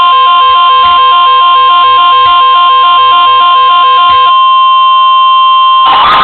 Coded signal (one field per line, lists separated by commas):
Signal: Emergency Alert System (SAME) tones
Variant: 1050 Hz attention tone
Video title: Eas alerts vid